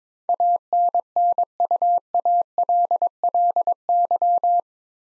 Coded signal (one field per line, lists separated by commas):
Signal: Morse code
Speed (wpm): 22 wpm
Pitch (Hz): 700 Hz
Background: none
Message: ANNUALLY